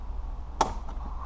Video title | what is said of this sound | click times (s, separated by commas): FIX Window that Won't Stay Up. How To Replace a Spiral Window Balance | And that hook is just wiggled a little until it snaps in. | 0.6 s